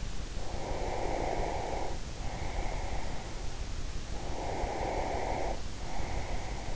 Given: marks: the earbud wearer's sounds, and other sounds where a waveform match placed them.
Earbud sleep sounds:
sounds in sleep by an in-ear microphone; breath
0.30-3.11 s: breath
4.08-6.76 s: breath

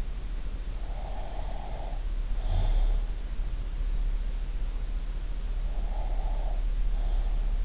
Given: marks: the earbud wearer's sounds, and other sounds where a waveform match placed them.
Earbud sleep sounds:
sounds in sleep by an in-ear microphone; breath
0.83-2.74 s: breath
5.63-7.65 s: breath

